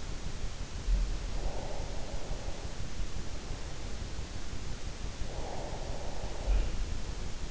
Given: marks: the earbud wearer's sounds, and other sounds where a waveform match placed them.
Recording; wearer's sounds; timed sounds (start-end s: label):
sounds in sleep by an in-ear microphone; breath, teeth grinding
0.59-3.14 s: breath
4.53-7.50 s: breath
6.42-6.70 s: teeth grinding